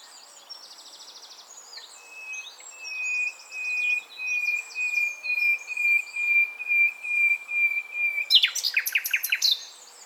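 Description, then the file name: Common nightingale delivering a long, pure, steady whistle among quieter twitters, then breaking into a burst of rapid, sharp repeated notes. "Luscinia megarhynchos"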